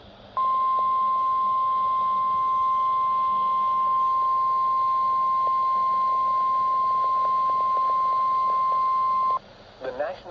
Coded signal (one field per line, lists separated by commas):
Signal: Emergency Alert System (SAME) tones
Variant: 1050 Hz attention tone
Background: speech